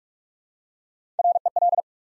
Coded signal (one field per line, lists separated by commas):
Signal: Morse code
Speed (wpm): 44 wpm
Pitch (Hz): 700 Hz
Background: none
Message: REL